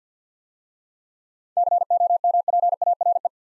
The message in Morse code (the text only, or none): COMPARE